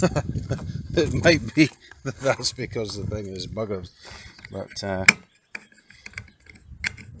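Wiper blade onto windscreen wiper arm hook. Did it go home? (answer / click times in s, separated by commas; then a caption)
no / none. A wiper blade is pushed onto the hook of a damaged, repaired windscreen wiper arm on a KIA Ceed while someone talks. Light plastic ticking follows from about 5.5 to 7.2 seconds. The blade does not click into place and is only resting on the arm, so nothing has clicked yet.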